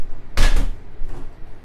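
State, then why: Seated. The main seat piece of a Graco Blossom 4-in-1 high chair is hooked down into its seat base, giving a sharp click at 0.4 s. A brief broadband clatter follows and fades, with a fainter rattle near 1.1 s. The seat is hooked in and seated in the base.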